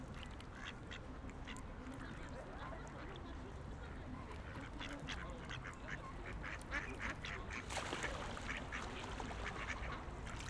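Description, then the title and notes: Ducks calling in quick, busy bursts, short nasal notes overlapping, over steady low background noise. Ducks on a lake in a park in Vienna, being given food. "Patos Viena. Este es el momento en el cual en un parque de Viena damos comida a unos patos que encontramos en un lago"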